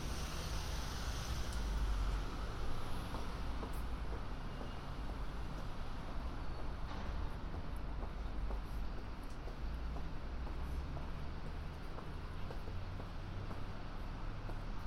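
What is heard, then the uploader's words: Walking around London, a steady low rumble of traffic fills the scene, with faint scattered clicks and a passing hiss near the start. A binaural field recording of walking around London.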